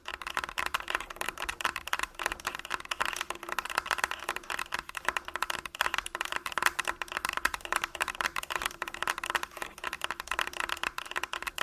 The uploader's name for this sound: Tascam Full Body Tapping & Scratching